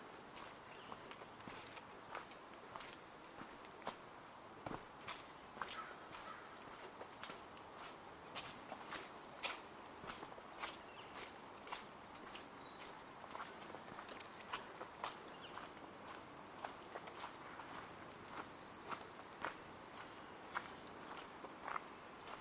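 A walk through Hoyt Arboretum in Portland, Oregon: crisp, irregular crunching steps on a dry path come every half second or so throughout. A steady soft hiss fills the background, with faint high chirps surfacing now and then.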